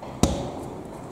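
After the key is turned to lock it, the push-button lock barrel in a caravan locker door is pushed in. It gives a single sharp click at 0.2 s, and the barrel is seated.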